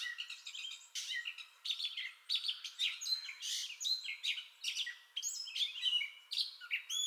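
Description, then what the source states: Gray catbird song, a rapid jumble of squeaky, scratchy and whistled phrases, each brief and varied, running on almost continuously. Entire song bout, recorded 30 May 2021.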